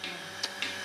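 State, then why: Seated. The vacuum shut-off valve on a milking machine teat-cup cluster is pressed down and locks, cutting the vacuum. A sharp click is heard at 0.4 seconds over a steady background hum, with softer knocks just before and after. The valve is confirmed seated and locked.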